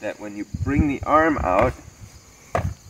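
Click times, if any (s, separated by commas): 2.5 s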